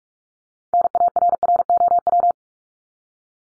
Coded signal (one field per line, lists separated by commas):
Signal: Morse code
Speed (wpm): 44 wpm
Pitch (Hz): 700 Hz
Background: none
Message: NARROW